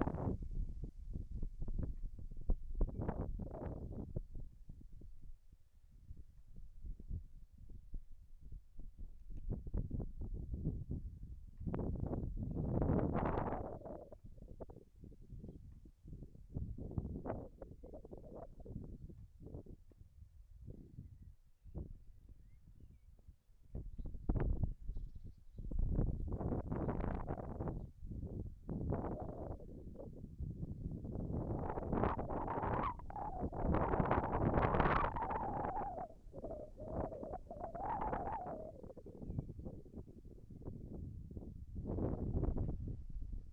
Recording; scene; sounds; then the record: everyday scene through a hearing-aid microphone; wind on the microphone; wind, whistling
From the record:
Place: in front of a rural house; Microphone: behind the ear, left, rear